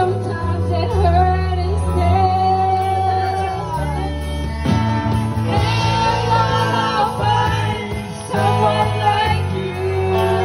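At a street food place in Chiang Mai, music plays steadily throughout, with a deep, thumping bass and sustained melodic tones. A wavering voice-like melody rises over it around the fifth and ninth seconds, and the overall loudness stays fairly even.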